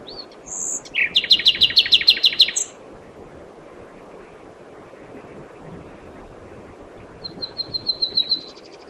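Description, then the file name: Common nightingale song: a fast rattling trill of many repeated notes, silence, then a softer trill of rapid notes near the end. "Luscinia megarhynchos"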